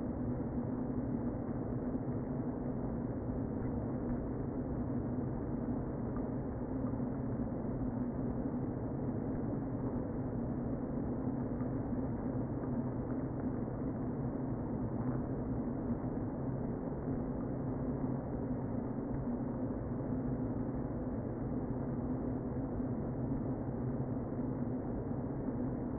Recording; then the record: honeybee colony, microphone inside the hive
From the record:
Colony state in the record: queen present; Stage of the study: before two queens were removed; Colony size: about 60,000 bees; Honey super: yes